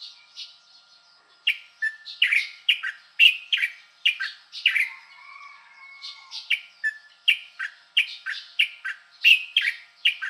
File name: 烏頭翁